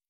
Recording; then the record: hydrophone in a shrimp aquaculture tank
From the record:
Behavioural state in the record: stressed